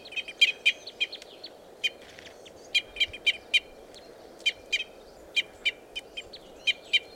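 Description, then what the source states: Red crossbill calls, clipped chip notes repeated in loose series, sometimes doubled, with brief gaps, against a constant low rumble. Red crossbill call type E.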